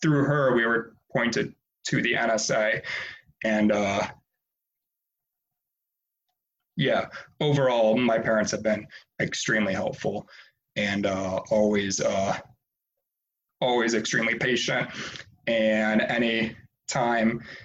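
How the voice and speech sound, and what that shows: An adult woman who has stuttered since childhood speaks in short bursts broken by long silent gaps, one over two seconds, with drawn-out word endings and a repeated restart on "always." These blocks, prolongations and word repetitions fit adult stuttering.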